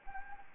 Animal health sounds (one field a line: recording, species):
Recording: mosquito wingbeat signal from an infrared sensor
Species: Anopheles gambiae